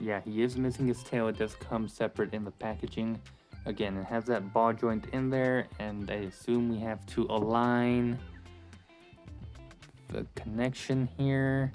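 Someone talks while lining up a figure's separately packaged plastic tail, its ball joint aligned with the hip ball-joint socket before pushing it home, as background music plays. Faint handling taps sound around 8.7 to 10.2 seconds, but the tail has not yet seated or clicked.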